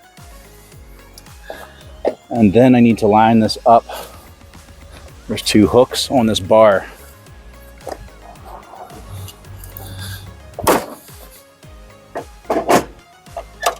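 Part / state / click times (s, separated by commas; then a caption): battery holding bar with hooks onto scooter frame / seated / 10.7 s. Someone talks while lining up a battery-holding bar with two hooks on the frame of a Gladiator 4-wheel bariatric mobility scooter, with music playing underneath. A few light knocks come as the bar is handled, then it drops onto the frame and clicks into place at 10.7 s, seating so the battery connects and the lights turn on.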